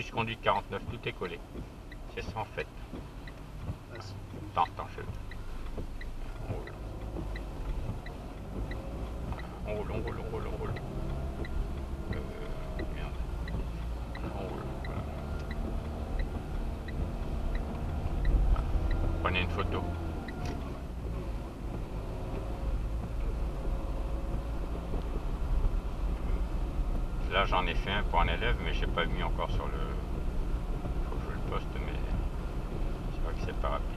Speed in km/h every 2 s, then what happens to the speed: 4, 3, 3, 9, 17, 19, 16, 20, 21, 23, 25, 28, 30, 32, 32, 31, 31.
4-8 speeds up to 17. 8-13 steady at about 17. 13-21 speeds up to 28. 21-34 steady at about 31.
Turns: 13-19.